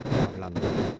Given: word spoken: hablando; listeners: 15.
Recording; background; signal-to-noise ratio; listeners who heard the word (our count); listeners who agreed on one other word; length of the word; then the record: one Spanish word in noise, from a listening test; noise modulated by one talker; -10.2 dB; 3 of 15; 6 of 15; 0.60 s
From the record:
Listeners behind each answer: 6, 3, 2, 1, 1, 1, 1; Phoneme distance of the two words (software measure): 24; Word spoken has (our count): 3 syllables, 7 phonemes, stress on syllable 2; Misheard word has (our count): 3 syllables, 7 phonemes, stress on syllable 2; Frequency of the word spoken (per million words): 58.67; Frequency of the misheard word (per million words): 18.69